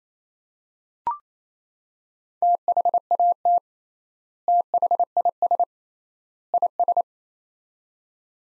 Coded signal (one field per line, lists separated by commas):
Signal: Morse code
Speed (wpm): 28 wpm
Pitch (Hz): 700 Hz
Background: none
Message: THAT THIS IS